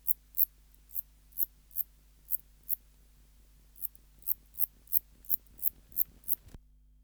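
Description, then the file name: Metrioptera abbreviata song: short, very high, dry ticking pulses repeated roughly every third of a second, pausing briefly near the middle before resuming, then stopping abruptly near the end. "Metrioptera abbreviata"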